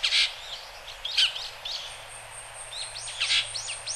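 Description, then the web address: Japanese grosbeak giving quick chirps and several curved, swooping notes in a loose series, with a continuous high hiss behind. Recorded at Kaji, Hyogo. "koe ikaru 0804 hyogo kaji"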